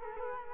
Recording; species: mosquito wingbeat signal from an infrared sensor; Culex quinquefasciatus